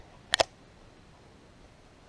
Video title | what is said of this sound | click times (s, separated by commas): Cookie Video | want to insert it right here and then move it over so it locks into place and | 0.3 s